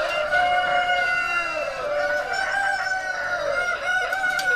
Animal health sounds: poultry house recording; healthy chickens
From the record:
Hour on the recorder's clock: 3

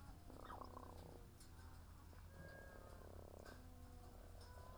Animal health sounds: poultry house recording; sick chickens (respiratory disease)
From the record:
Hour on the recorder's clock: 15

